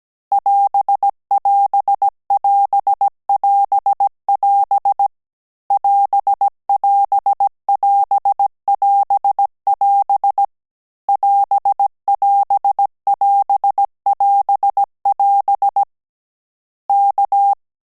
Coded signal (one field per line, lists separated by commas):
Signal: Morse code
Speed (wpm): 17 wpm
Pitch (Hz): 800 Hz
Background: none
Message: <AS><AS><AS><AS><AS> <AS><AS><AS><AS><AS> <AS><AS><AS><AS><AS> K